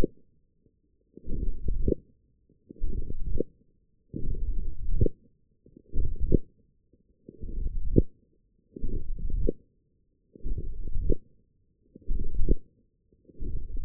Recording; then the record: forearm muscle sounds (acoustic myography)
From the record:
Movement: forearm supination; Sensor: system 1, eight BSWA MPA416 microphones around the upper forearm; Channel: 5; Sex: male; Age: 21 years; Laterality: right